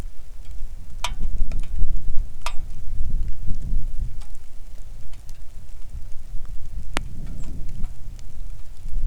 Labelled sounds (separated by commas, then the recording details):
songbird, wind, rain
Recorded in the Arctic National Wildlife Refuge, Alaska, on 3 August 2019 at 10:09
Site 41